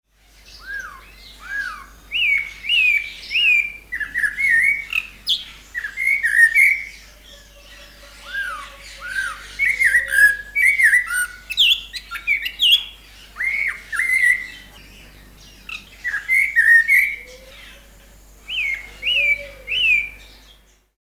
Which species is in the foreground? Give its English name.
Snowy-crowned Robin-Chat